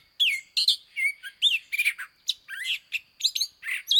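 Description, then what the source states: Long-billed Thrasher song: a rapid string of varied chirpy and slurred phrases, some rising and falling. Male singing excitedly atop a brushy shrub in woods, morning, near Mission, lower Rio Grande Valley, South Texas; varied song like a catbird's but with repeated phrases and no cat-like mews.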